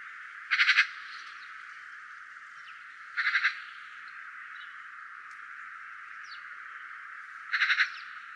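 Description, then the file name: Eurasian magpie chatter, short harsh rattling bursts of four or five quick notes, given three times with long pauses between, over a steady background hiss. "Skata"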